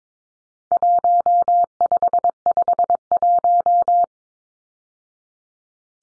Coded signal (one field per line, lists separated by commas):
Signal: Morse code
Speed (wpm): 22 wpm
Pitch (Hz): 700 Hz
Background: none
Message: 1551